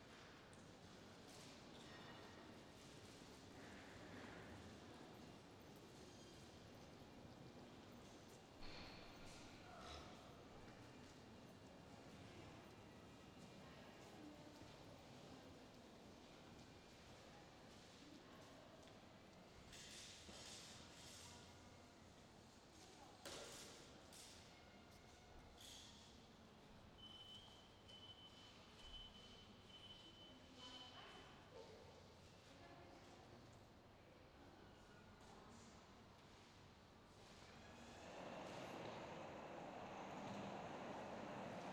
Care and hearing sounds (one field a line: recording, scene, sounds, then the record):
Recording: everyday scene through a hearing-aid microphone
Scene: reverberant space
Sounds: background noise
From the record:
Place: railway station hall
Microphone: in the ear canal, left